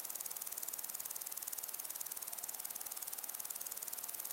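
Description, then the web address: Crickets giving a dense, even, high-pitched chirping that pulses quickly and steadily over a background hiss. Crickets with other insects, in long grass on a windy day. "beanstalk-audio Crickets and insects in windy long grass"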